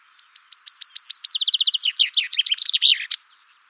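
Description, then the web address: Chaffinch delivering one full song: a series of falling notes, a rapid trill, then a vigorous end flourish before silence. "Deverinetal 2025"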